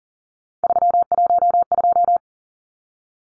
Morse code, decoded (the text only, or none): 312